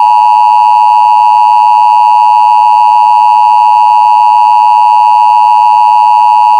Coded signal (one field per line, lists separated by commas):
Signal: Emergency Alert System (SAME) tones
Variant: 853 and 960 Hz attention tone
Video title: EAS Mock #4: California Amber Alert (4/8/2022)